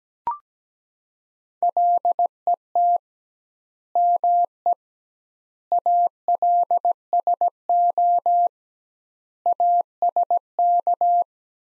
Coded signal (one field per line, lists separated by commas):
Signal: Morse code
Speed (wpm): 17 wpm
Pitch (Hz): 700 Hz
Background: none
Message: LET ME ALSO ASK